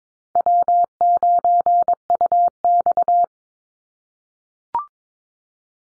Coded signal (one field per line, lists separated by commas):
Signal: Morse code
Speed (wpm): 22 wpm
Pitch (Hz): 700 Hz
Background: none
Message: W9UX